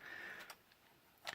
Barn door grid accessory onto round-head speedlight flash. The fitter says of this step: So if we put these two together, you'll hear it snap together.